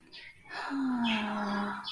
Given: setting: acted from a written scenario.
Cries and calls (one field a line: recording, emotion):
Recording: vocal sound without words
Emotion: ecstasy